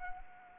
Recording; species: mosquito wingbeat signal from an infrared sensor; Anopheles arabiensis